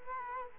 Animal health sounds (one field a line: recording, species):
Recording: mosquito wingbeat signal from an infrared sensor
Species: Culex quinquefasciatus